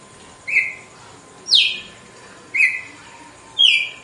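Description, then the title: Red-cowled cardinal song of four whistled notes, a level note alternating with a sharply falling one, each about a second apart. Female; song described as pure, strong, clean and measured açoite style. "Canto Galo Campina Fêmea 02. GALO DE CAMPINA, AÇOITE PURO, FORTE, LIMPO E COMPASSADO"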